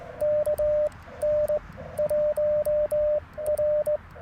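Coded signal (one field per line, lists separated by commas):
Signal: Morse code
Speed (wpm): 18 wpm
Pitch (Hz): 590 Hz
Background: radio noise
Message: KN 1R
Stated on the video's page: QRP CW Parks on the Air activation, keyed with a cootie key (sideswiper) and later a single paddle on 30M; Icom IC-705 with magnetic loop antenna.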